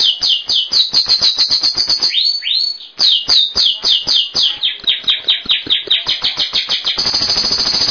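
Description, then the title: Bird song: a string of sharp, high chirps repeated about four times a second, with a short swooping whistle early on and a dense rapid trill at the end. Masteran bird song. "LuckyBurung MasteranBest"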